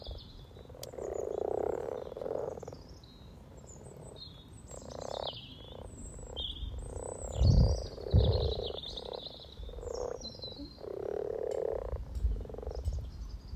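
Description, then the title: Frogs purring in separate croaking bursts, louder and softer in turn, with birdsong above and a couple of low thumps midway. About 20 frogs in a sunny garden pond, some floating, some on fresh frogspawn, chorusing to welcome arriving females; Freshfield, Formby, Merseyside, UK; sunny St Patrick's Day, 17 March 2023, spring, lunchtime. "Frog Chorus Spring sounds first Lunch outside St Patrick’s day 17 March 2023 . Freshfield, Formby"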